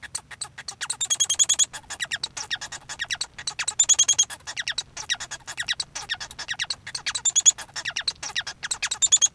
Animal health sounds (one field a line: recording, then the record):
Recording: song of a male Bengalese finch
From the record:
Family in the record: son of father 1